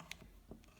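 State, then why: Seated. A part of a plastic Grimlock transforming figure is pushed into its socket during transformation, giving a sharp, ratchet-like click at 0.1 s. Softer low handling knocks follow around 0.5 s and 0.6 s, and the part ends up seated in place.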